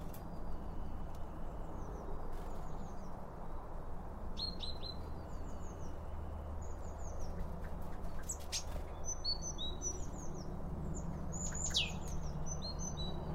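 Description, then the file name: Several birds chirping, quick high tweets and short downslurred notes clustering more densely toward the end, with occasional clicks over a low steady hum. Birds at a bird feeder, recorded with two Line Audio OM1 microphones. "Birds Around Birdfeeding With Two Om 1 From Line Audio"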